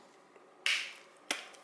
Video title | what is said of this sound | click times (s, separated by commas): Lifeproof Frē Nüüd Case for iPhone 6 and 6 Plus: Comparison | until you hear everything here click. | 0.7 s, 1.3 s